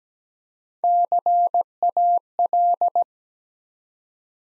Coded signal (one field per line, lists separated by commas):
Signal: Morse code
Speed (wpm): 17 wpm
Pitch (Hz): 700 Hz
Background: none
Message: CAL